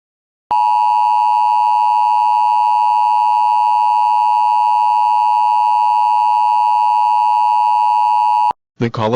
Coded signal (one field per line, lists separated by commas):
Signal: Emergency Alert System (SAME) tones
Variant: 853 and 960 Hz attention tone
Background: speech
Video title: (EAS MOCK) the story of train 1743